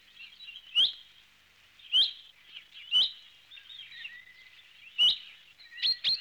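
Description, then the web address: Bird calls: four sharp rising chip notes, then a quick double note, against continuous soft twittering. "audio animali uccelli 03 uccelli birds 08"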